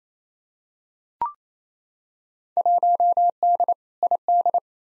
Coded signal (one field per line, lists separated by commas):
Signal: Morse code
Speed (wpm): 28 wpm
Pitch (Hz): 700 Hz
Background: none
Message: 1D ID